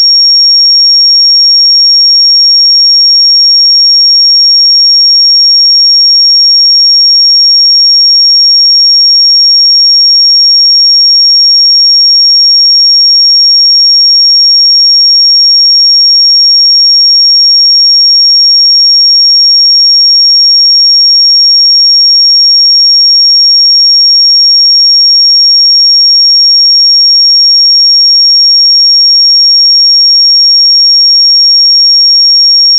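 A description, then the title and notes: A pure sine tone at 5557 Hz holds perfectly steady for the whole half minute. The pitch is high and piercing, with an even level throughout and nothing else audible around it, just the single unwavering whistle. 5557 Hz 1 Hz Interval Sine Pure Tone Frequency 441000 Sample Mono.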